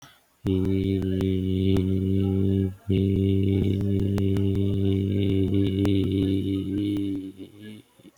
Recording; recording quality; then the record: sustained vowel as in beet; excellent, no background noise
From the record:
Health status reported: healthy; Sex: male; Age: 39 years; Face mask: not worn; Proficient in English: yes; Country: India